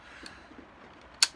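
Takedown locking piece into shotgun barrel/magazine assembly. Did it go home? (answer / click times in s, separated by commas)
yes / 1.2 s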